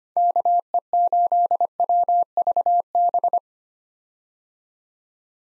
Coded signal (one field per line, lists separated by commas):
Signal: Morse code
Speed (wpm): 25 wpm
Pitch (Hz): 700 Hz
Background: none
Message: KE8WVB